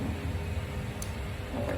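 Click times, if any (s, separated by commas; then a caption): 1.0 s. After the DJI RS5 handheld camera gimbal is centred for balancing, its axis lock is engaged. A single short, sharp tick sounds at 1.0 s over a steady low background hum, and the gimbal axis is now locked.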